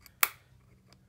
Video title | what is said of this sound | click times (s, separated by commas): 96 Cherokee Universal Joint | just maybe just push these down oh yeah I hear it click in | 0.2 s